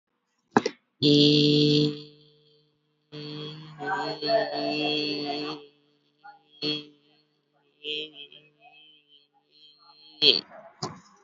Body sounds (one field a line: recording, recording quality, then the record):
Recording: sustained vowel as in made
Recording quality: excellent, no background noise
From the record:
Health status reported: COVID-19 positive, moderate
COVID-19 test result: positive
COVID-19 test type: RT-PCR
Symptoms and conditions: sore throat, muscle pain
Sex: female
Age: 34 years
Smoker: no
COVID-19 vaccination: one dose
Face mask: worn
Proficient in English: yes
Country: India